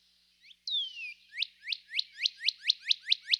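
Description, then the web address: Northern Cardinal singing a long falling whistle followed by a steady run of sharp downslurred notes, clear and unaccompanied. Eastern North America. "Dan Gibson Wildlife Identification By Sound, Eastern North America Pt 2. Northern Cardinal"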